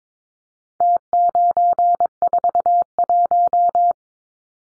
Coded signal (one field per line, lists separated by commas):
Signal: Morse code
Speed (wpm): 22 wpm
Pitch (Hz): 700 Hz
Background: none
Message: T941